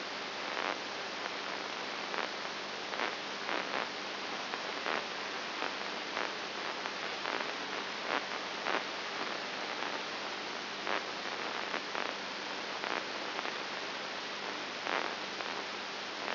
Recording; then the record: brain microelectrode recording played as sound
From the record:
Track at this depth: inside the subthalamic nucleus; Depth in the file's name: 4.101 mm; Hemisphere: right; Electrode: 2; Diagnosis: Parkinson's disease